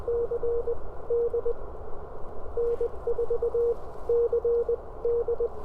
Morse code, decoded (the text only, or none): CD N4CD